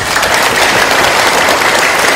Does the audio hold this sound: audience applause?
yes